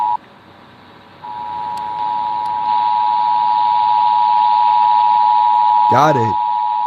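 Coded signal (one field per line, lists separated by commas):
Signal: Emergency Alert System (SAME) tones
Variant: 853 and 960 Hz attention tone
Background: speech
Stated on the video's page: Los Angeles County Required Monthly Test relay, captured live on a 1070 AM news radio station.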